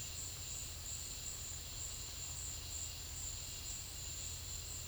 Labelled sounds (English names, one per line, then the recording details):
none
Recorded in secondary vegetation near Puerto Asís, Putumayo, Colombia, on 4 March 2025 at 14:00
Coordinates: 0.500, -76.326
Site GP04